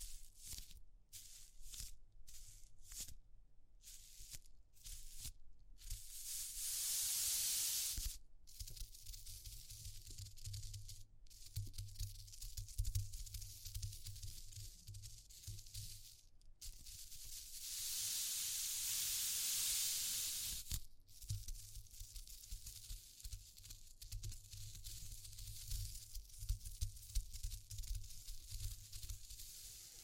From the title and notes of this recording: ASMR Exploring Textures (No Talking).